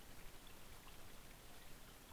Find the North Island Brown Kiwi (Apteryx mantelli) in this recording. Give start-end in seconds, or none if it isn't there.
none